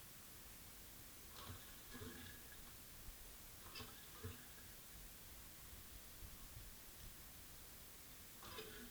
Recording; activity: daily activity, guitar pickup as the sensor; flush